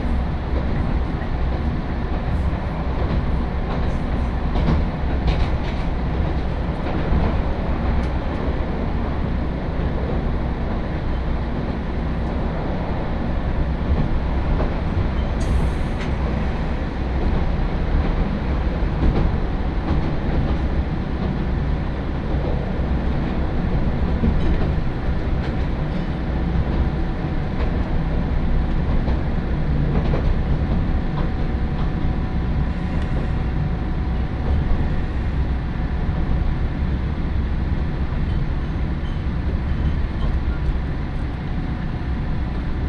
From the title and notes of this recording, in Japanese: 耳で楽しむ鉄道旅 長良川鉄道 ながら２号 美濃市→美濃太田。